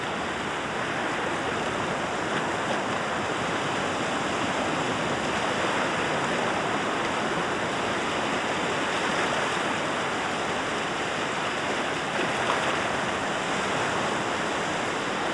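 Waves on Lake Michigan wash against the shore in a dense, unbroken rush that stays at an even level for the whole time, without distinct crashes standing out. A faint, thin high tone hums steadily underneath.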